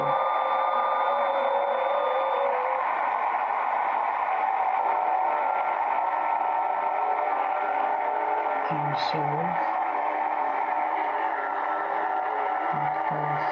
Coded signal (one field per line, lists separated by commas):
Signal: FT8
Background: speech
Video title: FT8CN програма для цифрової модуляції (перший запуск)